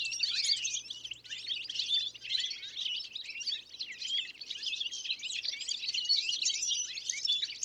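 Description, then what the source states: Goldfinch flock twittering steadily, overlapping bright chirps and liquid notes without pause. Small roost of goldfinches, Plateau de Lesches-en-Diois, Drôme, France, about 1000 m, 30 January 2021; windless, sunny morning after days of rain; Nagra Seven with Telinga P7 parabola.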